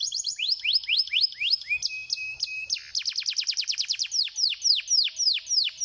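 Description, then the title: Songbird song: fast high whistled notes sweeping downward, a brief steady whistle in the middle, then a quick rattling burst and slower repeated descending sweeps. Bird chirping. "Kicau Burung"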